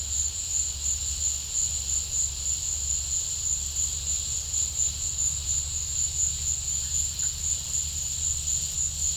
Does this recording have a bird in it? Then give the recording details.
no. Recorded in pastures near Puerto Asís, Putumayo, Colombia, on 18 December 2024 at 15:00. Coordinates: 0.496, -76.326. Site G004